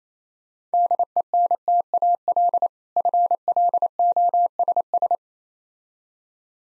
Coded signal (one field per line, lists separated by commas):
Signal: Morse code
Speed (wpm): 27 wpm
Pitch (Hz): 700 Hz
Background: none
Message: DENTAL FLOSS